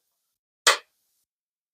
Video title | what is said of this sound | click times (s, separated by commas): A GOOD OLD FASHIONED FRAGRANCE? Old Fashioned by Kilian. (Niche) | clicks well it's fairly sturdy it's not the best fitting of tops anywhere um | 0.7 s